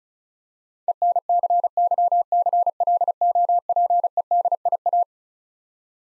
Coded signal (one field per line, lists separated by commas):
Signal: Morse code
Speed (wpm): 36 wpm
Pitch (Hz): 700 Hz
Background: none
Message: ENCYCLOPEDIA